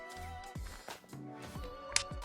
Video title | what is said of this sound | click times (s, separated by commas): Neewer 26" Octagonal Softbox: Unboxing and Review | oh it does feel like you're snapping them | 2.0 s